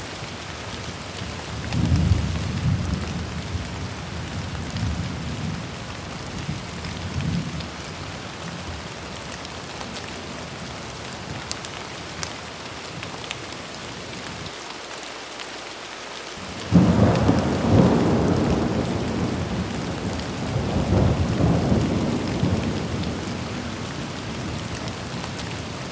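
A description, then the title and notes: Gentle night rain falls in a steady, dense hiss throughout. Low rolls of distant thunder rumble around two to seven seconds, then a louder, fuller rumble swells in after a brief dip near sixteen seconds and fades slowly toward the end. Gentle Night Rain, Rain Sounds.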